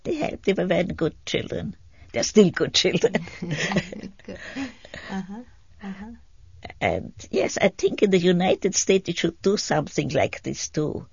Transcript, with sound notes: They had a, they were very good children. They're still good children. (laughs) And, yes, I think in the United States they should do something like this, too.